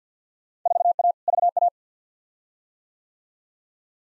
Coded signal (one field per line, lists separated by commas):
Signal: Morse code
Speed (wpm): 50 wpm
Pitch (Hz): 700 Hz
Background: none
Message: 4A VA